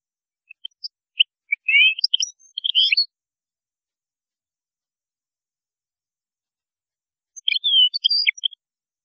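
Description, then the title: European goldfinch song in two short bursts of high twittering notes, separated by about four seconds of silence. "Chant Chardonneret"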